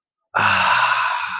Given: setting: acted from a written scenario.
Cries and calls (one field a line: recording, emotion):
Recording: vocal sound without words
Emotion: contentment